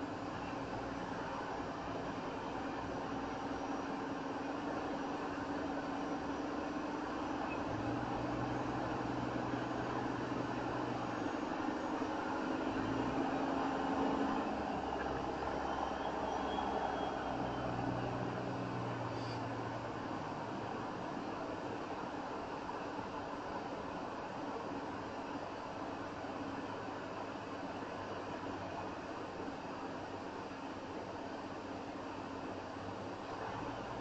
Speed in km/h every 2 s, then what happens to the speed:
32, 32, 32, 32, 34, 35, 37, 39, 40, 40, 39, 37, 35, 34, 32, 32, 34.
0-16 steady at about 34. 16-27 slows to 32. 27-34 steady at about 32.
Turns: none.